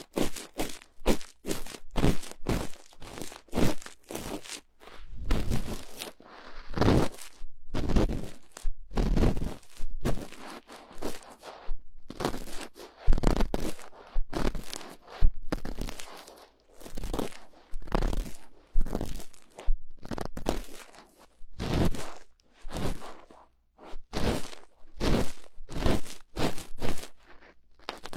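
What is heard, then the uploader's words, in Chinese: Cotton swab cleaning an ear, heard as a long run of short, sharp scratching and crunching strokes. The rubs come quickly and fairly regularly, each a bright rasp, with a few slower, heavier rubs around the middle and brief quiet gaps between bursts. 棉棒掏耳朵。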